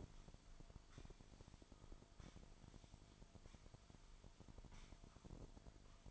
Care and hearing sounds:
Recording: daily activity, microphone in the room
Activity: sweep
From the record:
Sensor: 5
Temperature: 24.7 degrees Celsius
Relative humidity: 41.5%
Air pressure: 1003.2 hPa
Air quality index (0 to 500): 131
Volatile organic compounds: 1 ppm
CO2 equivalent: 963 ppm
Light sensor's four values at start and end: 53/126/53/59 and 53/126/53/59

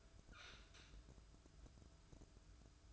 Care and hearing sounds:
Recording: daily activity, microphone in the room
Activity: open fridge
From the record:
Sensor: 2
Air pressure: 1007.6 hPa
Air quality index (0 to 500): 60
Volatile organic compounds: 1 ppm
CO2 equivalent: 595 ppm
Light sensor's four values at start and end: 10/23/10/10 and 10/23/10/10

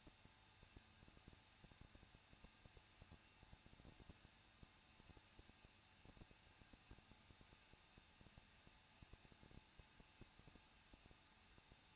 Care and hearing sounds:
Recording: daily activity, microphone in the room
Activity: no activity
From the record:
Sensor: 2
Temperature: 21.0 degrees Celsius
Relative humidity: 37.6%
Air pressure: 1006.2 hPa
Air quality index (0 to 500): 223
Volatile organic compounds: 25 ppm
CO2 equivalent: 2839 ppm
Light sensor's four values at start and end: 2/3/2/2 and 2/3/2/2

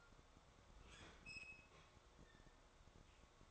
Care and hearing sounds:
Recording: daily activity, microphone in the room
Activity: open fridge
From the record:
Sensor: 3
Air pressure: 1004.6 hPa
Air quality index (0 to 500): 192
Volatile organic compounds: 13 ppm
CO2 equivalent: 2412 ppm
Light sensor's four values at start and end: 5/12/4/4 and 5/12/5/5

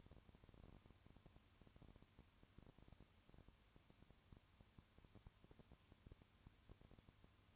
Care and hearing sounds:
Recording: daily activity, microphone in the room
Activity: no activity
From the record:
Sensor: 2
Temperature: 20.3 degrees Celsius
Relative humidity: 35.5%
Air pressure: 1001.0 hPa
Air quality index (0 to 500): 196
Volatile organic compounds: 5 ppm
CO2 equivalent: 1730 ppm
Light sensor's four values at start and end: 2/3/2/2 and 2/3/2/2

